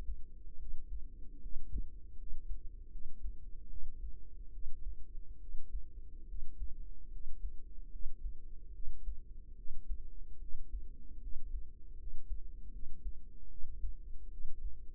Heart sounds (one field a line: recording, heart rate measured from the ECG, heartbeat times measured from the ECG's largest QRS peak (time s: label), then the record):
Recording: heart sounds by microphone in the right ear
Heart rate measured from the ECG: 74 bpm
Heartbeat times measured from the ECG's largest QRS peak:
0.58 s: heartbeat
1.41 s: heartbeat
2.17 s: heartbeat
2.91 s: heartbeat
3.68 s: heartbeat
4.52 s: heartbeat
5.39 s: heartbeat
6.27 s: heartbeat
7.11 s: heartbeat
7.90 s: heartbeat
8.72 s: heartbeat
9.56 s: heartbeat
10.39 s: heartbeat
11.21 s: heartbeat
11.98 s: heartbeat
12.71 s: heartbeat
13.49 s: heartbeat
14.30 s: heartbeat
From the record:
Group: healthy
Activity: rest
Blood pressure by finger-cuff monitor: 123/44 mmHg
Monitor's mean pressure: 70 mmHg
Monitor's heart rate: 72 bpm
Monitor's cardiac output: 9.6 L/min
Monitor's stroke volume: 131 mL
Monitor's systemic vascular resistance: 520 dyn s/cm5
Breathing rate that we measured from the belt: 12 breaths a minute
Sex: female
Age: 32 years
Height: 168 cm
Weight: 61.9 kg